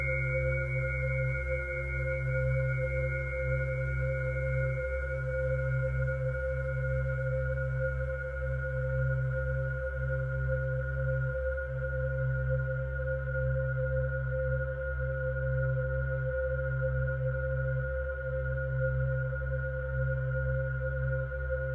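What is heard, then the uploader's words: Sustained pure tones from tuning forks ring steadily, with clear lines near 528 Hz and higher tones above, one fading out around seven seconds. Underneath sits a dense, low, continuous hum with faint regular pulsing, and the overall level stays even throughout. Angel Tuning Fork - Frequency (528Hz & 963Hz) & Perfect Frequency (432Hz).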